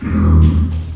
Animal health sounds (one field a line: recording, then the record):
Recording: squeal of a Yucatan mini pig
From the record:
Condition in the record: after surgery on the right vocal fold (resection and tissue-engineered implant)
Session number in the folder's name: 13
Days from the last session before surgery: 113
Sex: female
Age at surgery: 19 weeks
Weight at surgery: 25 kg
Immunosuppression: prednisolone